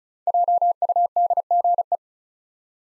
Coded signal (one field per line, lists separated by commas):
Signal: Morse code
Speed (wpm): 36 wpm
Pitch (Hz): 700 Hz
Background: none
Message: JUDGE